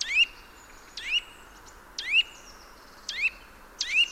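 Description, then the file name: Eurasian nuthatch giving loud, sharp, rising call notes roughly once a second. "Sitta europaea"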